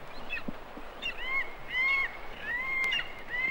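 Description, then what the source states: Verreaux's eagle giving thin, slightly arched whistled cheeps, several in quick succession. Young eagle that has just left the nest, circling over a kopje; the call is described as a cheep cheep.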